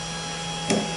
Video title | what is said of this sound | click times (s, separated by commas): nozzle changer Teach | you want to bring the z down until you hear the clicking sound | 0.7 s